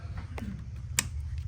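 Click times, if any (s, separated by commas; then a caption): 1.0 s. A six-pin plug-and-play wiring connector for the steering controls of a WagonR Vxi is pushed into its plastic socket in the car harness. It locks with one sharp click at 1.0 s, with smaller ticks before it around 0.4 s. The connector is seated.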